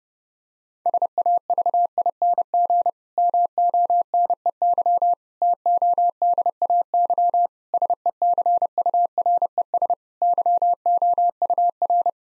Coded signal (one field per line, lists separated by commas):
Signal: Morse code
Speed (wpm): 32 wpm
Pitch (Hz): 700 Hz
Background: none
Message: SAVING MONEY TODAY SECURES YOUR